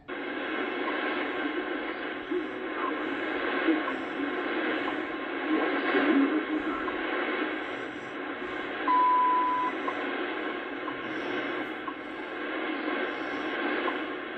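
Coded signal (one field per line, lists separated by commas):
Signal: radio time signal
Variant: WWV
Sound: hissy shortwave static, then one clear 1 kHz beep lasting under a second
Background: radio static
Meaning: The 0.8-second 1000 Hz tone marks the start of a new minute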